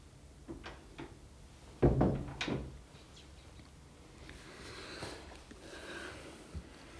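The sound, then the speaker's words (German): A door swings shut with a dull thump followed by a second softer knock, then quiet shuffling and faint rustling movement with no one speaking. “mach bitte mal die Tür hinter dir zu.”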